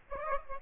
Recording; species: mosquito wingbeat signal from an infrared sensor; Aedes aegypti